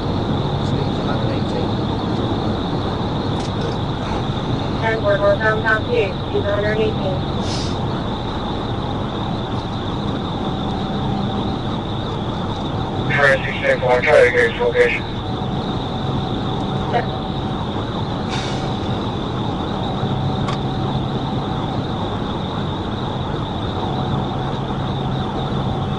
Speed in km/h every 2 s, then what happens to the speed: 190, 185, 185, 184, 180, 182, 177, 179, 180, 179, 179, 179, 179.
0-26 steady at about 180.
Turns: none.